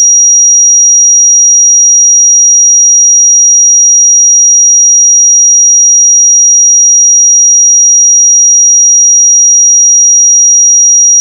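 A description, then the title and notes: A pure sine tone at 5734 Hz sounds as a single thin, high, piercing whistle. It holds perfectly steady in pitch and loudness for the whole stretch, with no breaks, wavering or other sounds around it, ending with a brief click. 5734 Hz 1 Hz Interval Sine Pure Tone Frequency 441000 Sample Mono.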